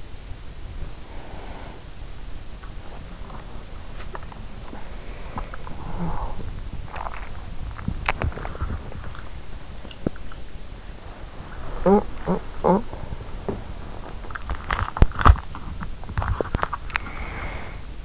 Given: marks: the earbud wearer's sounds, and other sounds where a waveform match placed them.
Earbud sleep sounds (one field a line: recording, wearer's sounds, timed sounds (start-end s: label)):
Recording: sounds in sleep by an in-ear microphone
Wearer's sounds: breath, body movement, swallowing, talking in sleep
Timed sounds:
1.00-1.92 s: breath
1.00-18.05 s: body movement
4.88-5.90 s: sound from someone else or the room
7.55-8.86 s: swallowing
11.72-13.08 s: talking in sleep
16.16-16.94 s: swallowing
16.71-18.05 s: breath